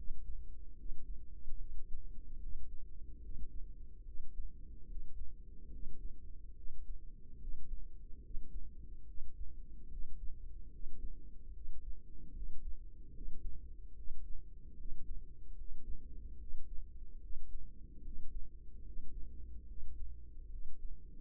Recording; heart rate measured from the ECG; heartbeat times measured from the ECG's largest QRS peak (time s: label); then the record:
heart sounds by microphone in the right ear; 73 bpm
0.74 s: heartbeat
1.57 s: heartbeat
2.38 s: heartbeat
3.19 s: heartbeat
4.03 s: heartbeat
4.85 s: heartbeat
5.69 s: heartbeat
6.53 s: heartbeat
7.37 s: heartbeat
8.20 s: heartbeat
9.04 s: heartbeat
9.87 s: heartbeat
10.69 s: heartbeat
11.51 s: heartbeat
12.31 s: heartbeat
13.11 s: heartbeat
13.93 s: heartbeat
14.74 s: heartbeat
15.54 s: heartbeat
16.36 s: heartbeat
17.18 s: heartbeat
18.01 s: heartbeat
18.82 s: heartbeat
19.65 s: heartbeat
20.48 s: heartbeat
From the record:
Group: healthy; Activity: rest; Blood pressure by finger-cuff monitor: 105/77 mmHg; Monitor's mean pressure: 87 mmHg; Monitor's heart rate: 73 bpm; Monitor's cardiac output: 5.3 L/min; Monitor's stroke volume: 72 mL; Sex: female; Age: 32 years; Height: 172 cm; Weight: 71.7 kg